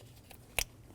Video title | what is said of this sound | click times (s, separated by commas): How to Replace Radiator Cooling Fan Blade 2019-2025 Ram 2500 6.7L L6 | Push until you hear a click. | 0.6 s